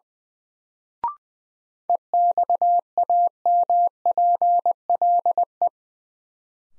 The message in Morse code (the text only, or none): EXAMPLE